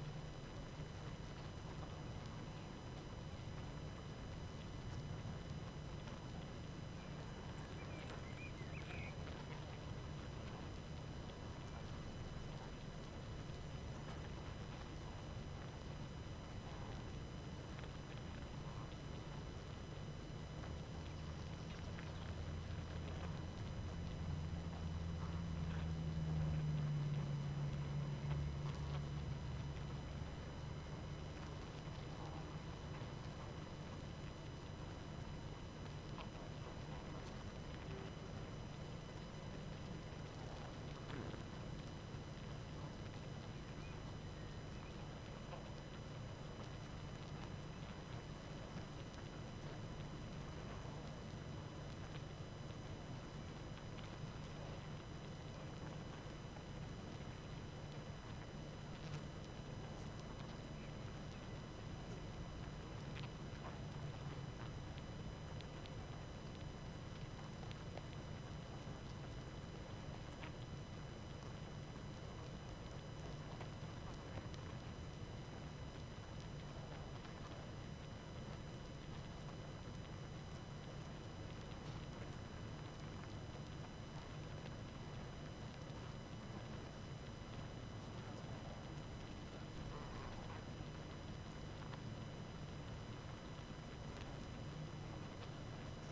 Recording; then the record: honeybee colony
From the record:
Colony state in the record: active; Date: 12 June 2018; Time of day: 19:08